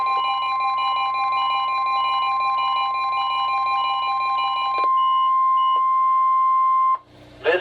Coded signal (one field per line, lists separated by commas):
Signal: Emergency Alert System (SAME) tones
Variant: 1050 Hz attention tone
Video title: EAS #126-#127: Monthly & Weekly Test | KHB36, WNG736, & WTOP